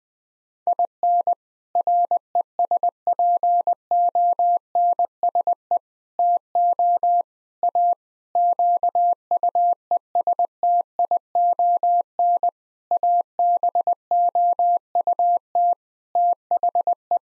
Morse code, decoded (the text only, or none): IN RESPONSE TO A QUESTION ABOUT THE